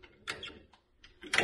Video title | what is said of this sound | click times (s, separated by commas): BASS TRACKER CLASSIC XL UPGRADES!!! #Trackerboats #basstracker #basstrackerclassicxl | it back up there clip it back onto that and it's only about one and a half clicks | 0.3 s, 1.3 s